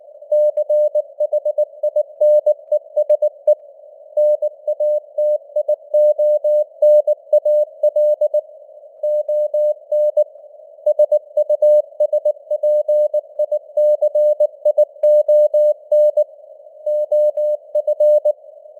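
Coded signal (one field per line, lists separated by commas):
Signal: Morse code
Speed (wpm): 19 wpm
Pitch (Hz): 600 Hz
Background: none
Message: CHINESE NATIONAL ON SUSPICION OF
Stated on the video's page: News headlines in 19 wpm Morse with simulated radio noise and fading (QSB).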